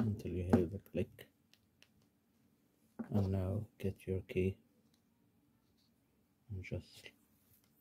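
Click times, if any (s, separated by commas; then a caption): none. Someone talks while handling a folding metal key blade being slid into the plastic remote fob of a VW, Skoda or Audi car key during a battery replacement, with a few faint ticks between the words. The blade has not seated or clicked into the fob yet.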